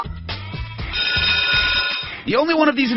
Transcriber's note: bell ringing